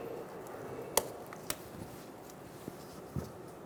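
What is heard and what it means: A red plastic secondary locking tab on the ABS harness connector of a 2014-2018 Chevrolet Silverado 1500, worked on during a front wheel bearing and hub replacement, is pushed closed. It gives a sharp, short snap at 1.0 s, followed by smaller clicks around 1.3 and 1.5 s and a few faint knocks later. The tab is seated and locked.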